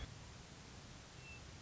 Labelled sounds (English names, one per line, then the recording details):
Western Meadowlark
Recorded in Sonoma County, California